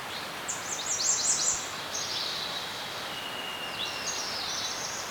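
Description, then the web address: Birds chirping, thin high twittering notes in a burst during the first two seconds, then a fainter run near the end, over a steady soft hiss. Serene forest setting. "Dr Sound Effects. Birds Chirping In a Serene Forest"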